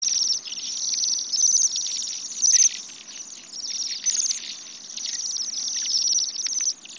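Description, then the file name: Bohemian waxwings giving high thin trilling calls, many birds overlapping in a near-continuous shimmering chorus with brief pauses. "Sidensvans"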